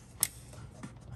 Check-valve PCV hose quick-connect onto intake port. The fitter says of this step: that clicks down.